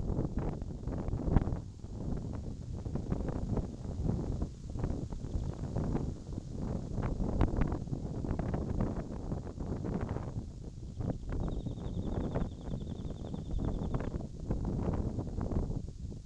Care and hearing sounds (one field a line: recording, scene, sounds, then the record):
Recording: everyday scene through a hearing-aid microphone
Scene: wind on the microphone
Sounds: wind, birds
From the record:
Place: in front of a rural house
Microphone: in the ear canal, left